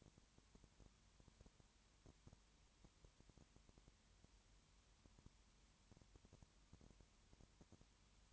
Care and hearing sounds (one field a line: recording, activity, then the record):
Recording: daily activity, microphone in the room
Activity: no activity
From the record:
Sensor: 3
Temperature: 21.1 degrees Celsius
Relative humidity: 37.0%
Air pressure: 1010.6 hPa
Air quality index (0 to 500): 204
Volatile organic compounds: 31 ppm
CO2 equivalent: 2977 ppm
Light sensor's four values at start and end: 2/3/2/2 and 2/3/2/2